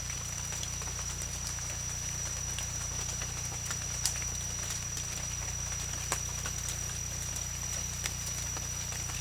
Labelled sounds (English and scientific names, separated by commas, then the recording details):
none
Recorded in pastures near Puerto Asís, Putumayo, Colombia, on 16 December 2024 at 02:00
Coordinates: 0.472, -76.331
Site GP02